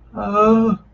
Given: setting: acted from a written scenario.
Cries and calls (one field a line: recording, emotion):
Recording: vocal sound without words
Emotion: fear